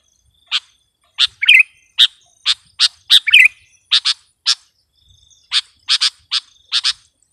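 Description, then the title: Sooty-headed bulbul giving crisp chirping notes in uneven bursts, some doubled, with a few rougher twittering notes mixed in and a brief pause before the final run. "kutilang"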